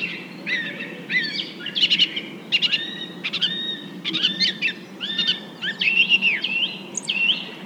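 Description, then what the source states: Nightingale song: clear whistled notes alternating with fast clicking bursts and rising slurs, phrases separated by short pauses. Several nightingales.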